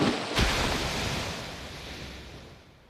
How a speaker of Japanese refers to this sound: 海だ。